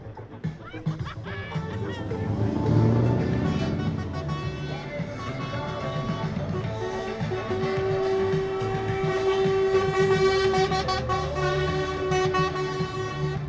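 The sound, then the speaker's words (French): Heavy trucks rumble past a protest blockade on the industrial boulevard of Sotteville-lès-Rouen, France, on 15 January 2020, as the barriers reopen to let them through. Their loud air horns blare in long, sustained, overlapping blasts, saluting the protesters, their steady pitched tones holding for several seconds above the low engine noise. “Là, les camions sont contents parce que les barrages se rouvrent un petit peu pour les laisser passer. Et ils saluent les personnes qui sont en lutte sur ce blocage.”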